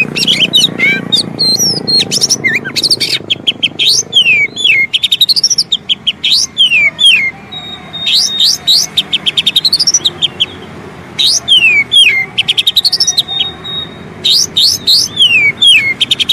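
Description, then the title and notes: Oriental magpie-robin song, dense high whistles sliding downward mixed with rapid clicking trills, phrases pouring out almost without pause; low background rumble early on. Long-duration filler song (isian) for training kacer to sing actively (gacor) day and night. "Kacer Jadi Gacor Siang Malam. Isian Kacer Durasi Panjang"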